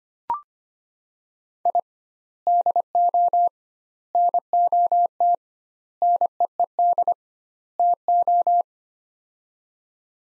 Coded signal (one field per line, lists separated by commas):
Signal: Morse code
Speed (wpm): 25 wpm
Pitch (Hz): 700 Hz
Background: none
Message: I DO NOT NEED TO